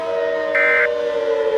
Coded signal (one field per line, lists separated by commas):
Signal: Emergency Alert System (SAME) tones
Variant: end-of-message bursts